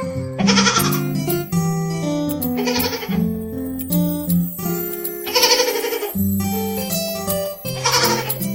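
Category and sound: animal, baby goat bleating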